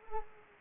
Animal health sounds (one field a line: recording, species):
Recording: mosquito wingbeat signal from an infrared sensor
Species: Anopheles arabiensis